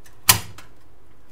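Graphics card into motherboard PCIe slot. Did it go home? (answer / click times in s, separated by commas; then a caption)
yes / 0.3 s. A graphics card is pushed down into a motherboard's PCIe slot and gives one sharp, loud snap at 0.3 s, followed by a faint tick around 0.6 s. The card is confirmed seated in the slot.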